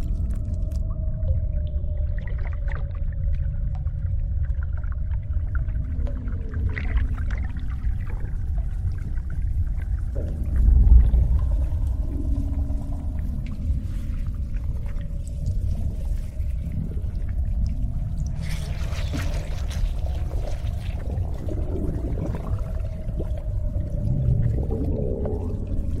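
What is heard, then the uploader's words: A deep, constant rumble fills the space like the inside of a monster's belly, with a low droning tone and wet, slimy gurgles drifting over it. A thicker squelch swells near the eleventh second, and a brighter hissing wash rises around nineteen to twenty-one seconds. Inside monster's belly | slimy sounds.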